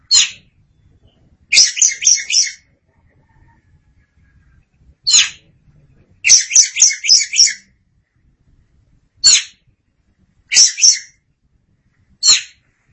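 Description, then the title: Oriental magpie-robin singing scratchy high chatter, rapid runs of buzzy notes between single sharp notes, with quiet gaps between. Kacer song. "Suara Kicauan Burung Kacer Durasi Panjang"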